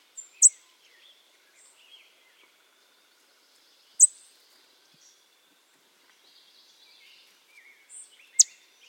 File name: Setophaga ruticilla - American Redstart